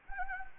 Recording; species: mosquito wingbeat signal from an infrared sensor; Anopheles arabiensis